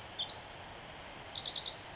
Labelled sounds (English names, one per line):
Pacific Wren